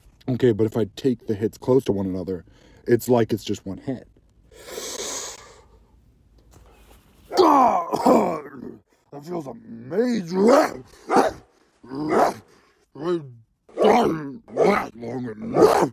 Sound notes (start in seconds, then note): 4.5 inhale; 11.0 barks